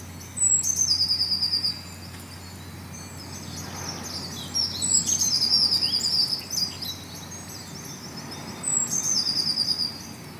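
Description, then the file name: Eurasian blue tit song: high, thin introductory notes running into a rapid, even trill, sung three times in slightly varied phrases over steady low background noise. "Cyanistes caeruleus"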